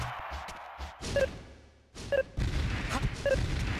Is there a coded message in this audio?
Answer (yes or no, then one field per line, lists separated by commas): no